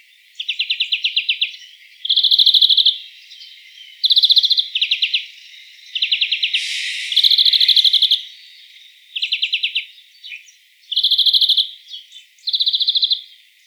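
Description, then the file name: European greenfinch repeating rapid, rattling trills, each lasting about a second, roughly every one to two seconds, with a single harsher, wheezy burst partway through the series. "Chloris chloris"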